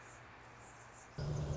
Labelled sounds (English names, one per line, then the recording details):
Anna's Hummingbird
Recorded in Sonoma County, California